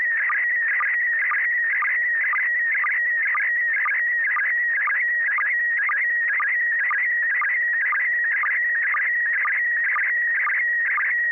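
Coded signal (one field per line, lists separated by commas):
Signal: SSTV (slow-scan television)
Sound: continuous warbling whistle around 2 kHz with a short low blip about twice a second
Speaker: Good evening, Joel. Welcome. You're number 3. Carol standing by to send a picture.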